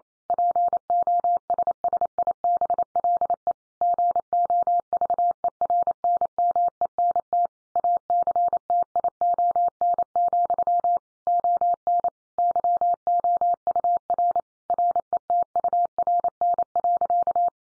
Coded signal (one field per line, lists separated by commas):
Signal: Morse code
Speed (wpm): 28 wpm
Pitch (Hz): 700 Hz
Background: none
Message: POSSIBLE GOVERNMENT ACTION, ON YOUR RETURN.